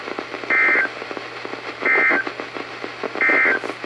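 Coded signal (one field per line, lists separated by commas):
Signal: Emergency Alert System (SAME) tones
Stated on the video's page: Flood and winter storm warnings from the Sterling, Virginia office, heard on NOAA Weather Radio stations KHB36, WXM42 and KEC83.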